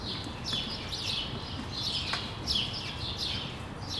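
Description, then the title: Sparrow calling, clustered chirps in uneven rapid runs, with a faint tap and low urban noise beneath. Several sparrows on a street in Brussels, Belgium, recorded for World Sparrow Day with Lom mikroUši microphones into a Deity PR-2 recorder. "Rue de l'épargne, Bruxelles, Bruxelles-Capitale, Belgique - World Sparrow Day"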